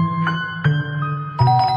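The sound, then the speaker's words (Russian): A doorbell rings sharply three times in quick succession, each ring a steady, buzzy electric tone that starts abruptly and runs straight into the next, with no voices. It is rung impatiently by a squad of militia officers at an old apartment door on Rubinstein Street, St Petersburg. “Потом они звонили резко и нетерпеливо.”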